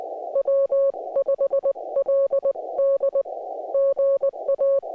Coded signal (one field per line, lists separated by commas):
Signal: Morse code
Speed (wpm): 20 wpm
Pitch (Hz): 550 Hz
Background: none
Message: W5LD GA